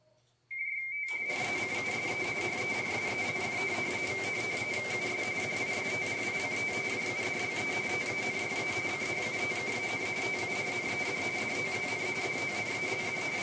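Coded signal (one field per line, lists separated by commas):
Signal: RTTY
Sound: a steady tone, then a fast warbling two-tone data chatter under continuous mechanical clatter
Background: teletype machine printing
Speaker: so this is the um audio streaming channels for the teletype signals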